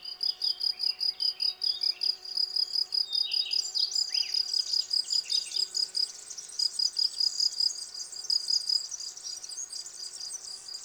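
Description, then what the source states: Field cricket chirps repeating rapidly, partly overlapped by twittering birdsong. Field crickets singing in a garden lawn, Val Maravel, 18 April 2020; singing for three days, fresh new wings giving clear stridulation; Nagra Seven recorder, MKH40 cardioid microphone.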